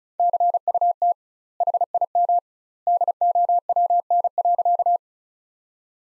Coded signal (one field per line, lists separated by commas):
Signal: Morse code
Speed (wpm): 36 wpm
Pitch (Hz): 700 Hz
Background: none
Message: CUT HIM DOWN.